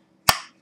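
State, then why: Seated. A Cold Steel Recon Tanto knife blade is pushed into its molded plastic belt sheath and gives one sharp, bright click at 0.3 s that fades out over about a quarter second. The knife is seated and retained in the sheath.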